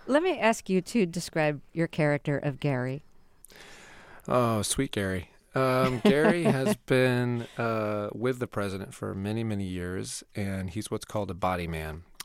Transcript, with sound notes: Let me ask you to describe your character of Gary.
Oh, sweet Gary.
(Laughter).
Gary has been with the president for many, many years, and he's what's called a body man.